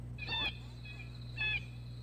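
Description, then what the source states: Blue Jay giving two harsh, ringing calls about a second apart, each short and squealing, over a quiet background hum. Heard singly.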